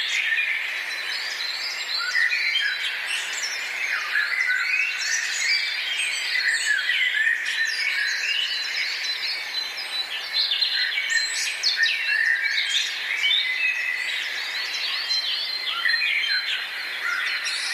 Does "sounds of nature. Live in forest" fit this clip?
yes